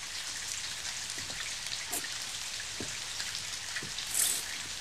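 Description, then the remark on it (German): Steady rain pours down in a dense, hissing wash, with scattered louder drops tapping through it and a brief brighter splash near the end. No one speaks. “Was stehst du denn da im Regen rum?”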